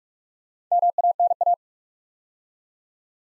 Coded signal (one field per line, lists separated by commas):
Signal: Morse code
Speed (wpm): 44 wpm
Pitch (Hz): 700 Hz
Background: none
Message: MANA